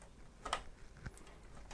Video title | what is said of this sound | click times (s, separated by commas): How To Install Or Swap A Graphics Card Nvidia RTX To AMD Radeon | you will feel a little bit of a click just make sure that it's firmly in and the plugs go all the way in | 0.5 s